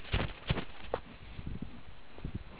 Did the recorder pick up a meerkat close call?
no